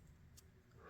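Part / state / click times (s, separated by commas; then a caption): folding knife blade closing into the handle under the backspring / not seated / none. A rusty vintage Colonial stockman pocketknife blade is folded closed into the handle against its steel backspring. The stretch stays quiet, with only a low background rumble and a brief faint hiss near 0.4 s, and no hits. The blade has not snapped shut.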